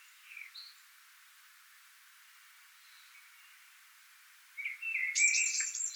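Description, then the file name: Eurasian blue tit call: a few faint notes over quiet background, then a loud buzzy churr with chattering at the end. "Cyanistes caeruleus"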